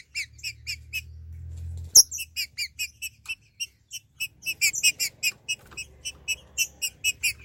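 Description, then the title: Green-winged saltator singing a steady series of ringing notes, with a low hum at times and a sharp click early on. "Trinca Ferro"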